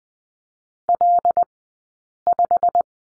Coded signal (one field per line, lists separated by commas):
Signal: Morse code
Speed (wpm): 20 wpm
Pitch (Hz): 700 Hz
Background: none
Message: L5